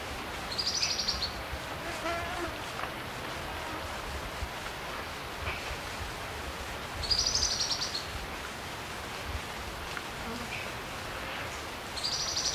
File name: Hylophylax naevioides - Spotted Antbird